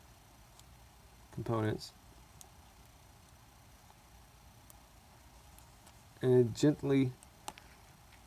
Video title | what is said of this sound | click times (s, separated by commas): iPhone 6S Screen Replacement | And it gently snaps back into place. | 7.5 s, 7.6 s